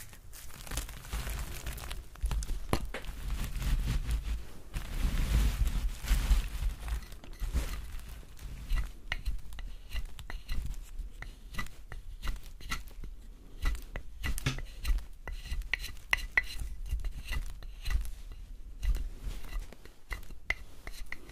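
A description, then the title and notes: Soap carving: a steady run of scraping and crisp cutting sounds, with many short sharp clicks and crackles packed closely together. A low rumble sits underneath throughout, swelling slightly around five seconds, while the bright snaps grow more frequent in the second half. ASMR Soap Carving. Relaxing soap cutting sounds.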